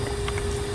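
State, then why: Not seated. The plastic top cover of the engine-bay fuse box on a 2014 Equinox is being handled and pressed down by hand onto the fuse box housing, during electronic brake control module removal and installation. A steady low hum and a constant tone sit under a few faint soft rustles. Nothing has seated or clicked yet.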